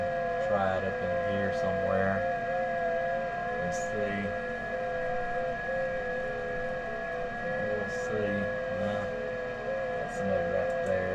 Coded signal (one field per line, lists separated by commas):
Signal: FT8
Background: speech